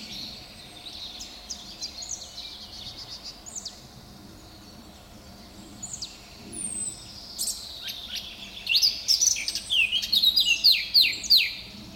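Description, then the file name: Eurasian blackcap song, beginning with scattered soft chattering notes and building into a loud, fast, flutey warble near the end. "Sylvia atricapilla"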